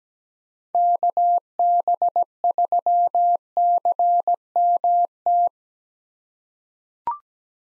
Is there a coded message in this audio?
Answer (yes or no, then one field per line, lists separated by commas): yes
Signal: Morse code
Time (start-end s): 0.7-5.5 s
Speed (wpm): 17 wpm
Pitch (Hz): 700 Hz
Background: none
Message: KB3CMT